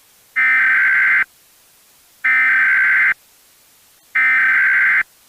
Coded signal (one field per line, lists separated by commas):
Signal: Emergency Alert System (SAME) tones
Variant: header bursts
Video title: EAS Mock #7: 11th Birthday